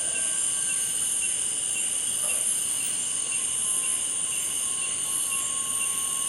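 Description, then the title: Cicadas in a steady, unbroken high-pitched chorus of several sustained buzzing tones. Cicadas recorded at dusk by the Ventuari river. "watunna cicadas"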